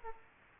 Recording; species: mosquito wingbeat signal from an infrared sensor; Culex quinquefasciatus